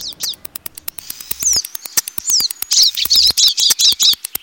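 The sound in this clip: European goldfinch song, quick high twittering phrases with sharp clicks, building into a dense run of liquid notes toward the end.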